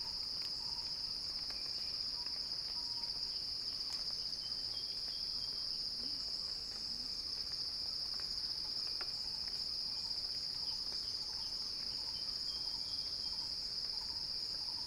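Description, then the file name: Cicada song, a long unbroken high buzz, with faint short whistles and soft low calls scattered through it. Recorded by Axel Drioli; described as a cicada crescendo. "earth-fm Axel-Drioli Cicada-Crescendo-Sounding-Wild"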